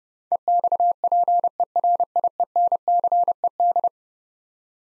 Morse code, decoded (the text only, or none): EXPERIENCED